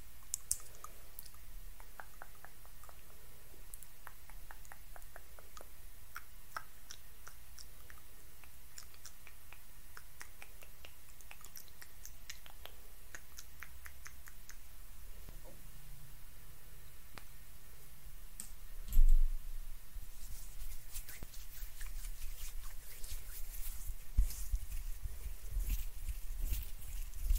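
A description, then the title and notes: A face massage and spa treatment with soft, close-miked sounds: light taps and small wet clicks scattered through a quiet, steady hush. Around nineteen seconds a brief louder rustle lands, and after that the crackly, clicking textures grow denser and brighter until the end. ASMR FACE TREATMENT, ASMR CLEANING YOUR FACE, ASMR FACE TREATMENT SPA, ASMR FACE MASSAGE NO TALKING.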